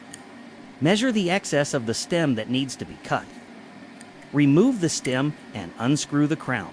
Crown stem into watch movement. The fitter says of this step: Press it till it clicks into place.